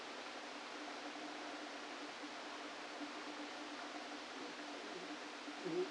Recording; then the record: brain microelectrode recording played as sound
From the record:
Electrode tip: outside the subthalamic nucleus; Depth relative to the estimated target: -6 mm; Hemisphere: right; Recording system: NeuroSet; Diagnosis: Parkinson's disease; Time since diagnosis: 13 years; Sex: male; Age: 49 years